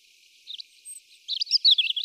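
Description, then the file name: European robin giving a quiet twitter, then a brighter run of high, quickly varied warbled and trilled notes in the second half. "Erithacus rubecula"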